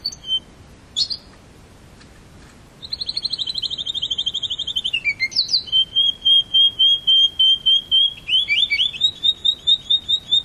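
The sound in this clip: Canary song: rapid rolling trills and sustained high warbled phrases, shifting pitch every few seconds, with fast repeated pulses throughout.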